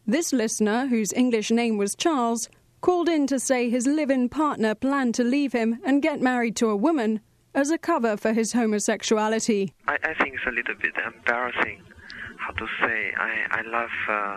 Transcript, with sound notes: This listener, whose English name was Charles, called in to say his live-in partner planned to leave him and get married to a woman, as a cover for his homosexuality.
[speaking on the radio call-in show] I think it’s a little bit embarrassing, how to say, I love